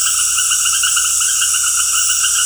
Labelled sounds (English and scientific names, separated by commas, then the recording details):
none
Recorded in dense forest near Puerto Asís, Putumayo, Colombia, on 20 February 2024 at 19:00
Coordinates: 0.487, -76.319
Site G6403